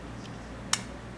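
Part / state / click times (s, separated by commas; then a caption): valve guide on a piston into the trumpet valve casing / seated / 0.7 s. A trumpet valve piston is pushed down and turned until its valve guide clicks into place in the metal valve casing, seating in alignment. A single sharp, bright click is heard at 0.7 s over a quiet, low background hum.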